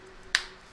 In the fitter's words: now when these are closed, they snap into place and they're firmly secured.